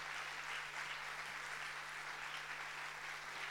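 Steady, dense applause from a church audience honouring visiting members of the Chiesa Betel of Bari, many hands clapping at once in a continuous wash of noise for the whole stretch, with a faint low hum running underneath and no one speaking.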